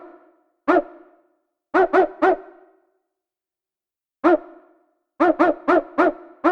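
Dog barks, a single bark, then a run of three, a longer silence, then a single bark and a rapid series of five loud, harmonic barks.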